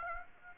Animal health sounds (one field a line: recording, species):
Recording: mosquito wingbeat signal from an infrared sensor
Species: Aedes aegypti